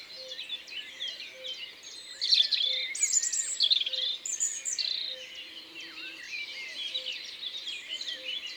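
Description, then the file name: European robin song: quick high warbles and squeaky trills in a steady stream, over a faint repeated low piping note. Recorded in Isère, France. "Rougegorge-familier-Concerts-naturels-de-l Isere-Studio-Les-Trois-Becs"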